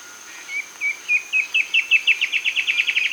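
Bird song: separate chirped notes gradually quickening into a fast repeated trill, with a constant thin high hiss in the background.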